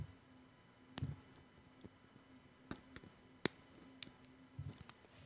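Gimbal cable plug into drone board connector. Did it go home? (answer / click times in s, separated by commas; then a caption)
yes / 3.5 s. A gimbal cable plug for a Hubsan Zino, Zino Y or Zino Pro drone is held up close and pushed into its board connector. A few faint taps and handling noises come first, then a sharp, bright click at 3.5 s shows the plug has seated. There is no talking.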